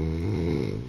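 A single loud, deep, rumbling snore from an adult woman asleep, lasting under a second, with a rough fluttering vibration that breaks into a rapid rattle toward the end. The throaty, rather choky quality fits heavy snoring from vibrating soft tissue in the upper airway during sleep.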